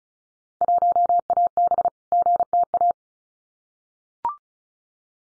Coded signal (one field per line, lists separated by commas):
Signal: Morse code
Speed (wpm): 36 wpm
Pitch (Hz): 700 Hz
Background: none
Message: 1AB GTA